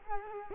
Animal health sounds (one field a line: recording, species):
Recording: mosquito wingbeat signal from an infrared sensor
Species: Culex quinquefasciatus